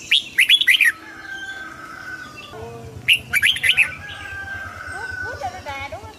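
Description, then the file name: Red-whiskered bulbul song: two short, lively warbled phrases over softer twittering and a low steady hum. Hue strain red-whiskered bulbul singing in the double-voice style (giọng kép). "Tieng chao mao hue hot giong kep"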